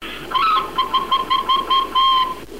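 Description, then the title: Bird song: a rapid series of about eight clear whistled notes at a steady pitch, evenly repeated over two seconds, with a faint hum underneath. "burung"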